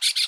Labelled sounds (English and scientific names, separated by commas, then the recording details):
Brown-throated Parakeet (Eupsittula pertinax) contact call
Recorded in Aruba
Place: hill w/tanki N of Savaneta
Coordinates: 12.461, -69.944